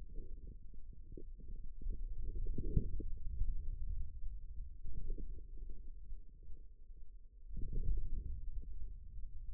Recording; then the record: forearm muscle sounds (acoustic myography)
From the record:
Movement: hand closing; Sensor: system 2, bracelet of six BSWA MPA416 microphones around the upper forearm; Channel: 3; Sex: male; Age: 22 years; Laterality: right